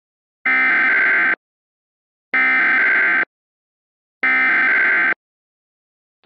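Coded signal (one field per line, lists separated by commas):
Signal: Emergency Alert System (SAME) tones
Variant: header bursts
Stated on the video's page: Fictional Hawaii hurricane scenario with simulated alerts modelled on real alerts from past tropical cyclones.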